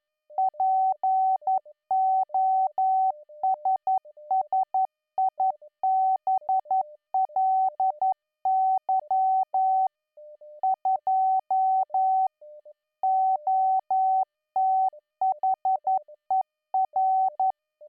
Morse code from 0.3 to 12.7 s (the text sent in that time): POSSIBLY 2